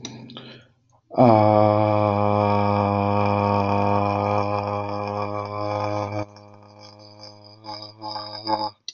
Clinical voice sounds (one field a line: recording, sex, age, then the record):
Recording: vowel held as long as possible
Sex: male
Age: 30 to 39 years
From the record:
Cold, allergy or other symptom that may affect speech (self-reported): no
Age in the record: 31 years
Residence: California, United States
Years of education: 17